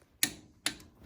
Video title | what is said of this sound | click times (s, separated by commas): COMPLETE SUBARU HEAD GASKET REPLACEMENT start to finish | you hear the click like a standard torque wrench do that on all of them | 0.2 s, 0.7 s